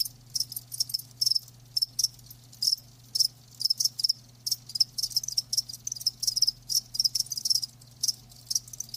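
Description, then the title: Crickets chirping in quick high-pitched pulses, bursts repeating several times a second with short gaps, a faint low steady hum beneath. Crickets chirping, presented as lulling sleep sounds. "Live Crickets Chirping"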